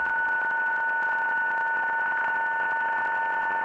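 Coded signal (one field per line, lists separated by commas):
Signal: PSK31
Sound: several steady, slightly warbling narrow tones held over a band of radio hiss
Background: radio static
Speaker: there that's a nice loud CQ strong signal there's a guy looking for Indiana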